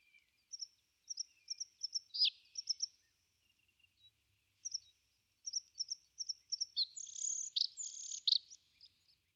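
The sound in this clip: Bluethroat song: series of high ringing notes repeated in groups, pausing, then a richer burst of varied, scratchy and chattering phrases toward the end.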